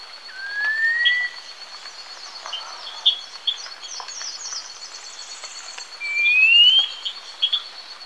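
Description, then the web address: Black-winged Saltator song: two clear rising whistled phrases, about five seconds apart, over a steady high insect-like tone and faint chips from other birds. Ecuador. "S America Birds of Ecuador. Black-winged Saltator"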